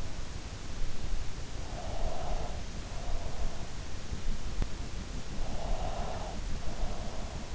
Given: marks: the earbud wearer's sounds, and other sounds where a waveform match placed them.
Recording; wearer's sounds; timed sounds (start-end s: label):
sounds in sleep by an in-ear microphone; breath
1.69-3.74 s: breath
5.52-7.17 s: breath